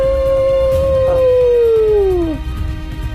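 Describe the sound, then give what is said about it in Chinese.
A single howl from a wolf of an attacking wolf pack: one long, steady, mid-pitched note that holds for about two seconds, then slides downward and fades out, with a low rumbling background underneath. “这个孤军奋战的男人眼神中透着无比的自信，将用那杆纤细的枪挑战狼群的洪流。嗷呜！”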